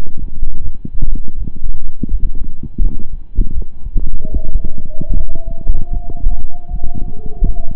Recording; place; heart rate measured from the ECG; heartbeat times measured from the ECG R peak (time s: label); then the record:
heart sounds by stethoscope; between the tricuspid and mitral areas; 79 bpm
0.61 s: heartbeat
1.35 s: heartbeat
2.08 s: heartbeat
2.79 s: heartbeat
3.52 s: heartbeat
4.30 s: heartbeat
5.13 s: heartbeat
5.90 s: heartbeat
6.68 s: heartbeat
7.42 s: heartbeat
From the record:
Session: slow and fast walking with breaks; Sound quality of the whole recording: saturated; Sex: male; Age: 25 years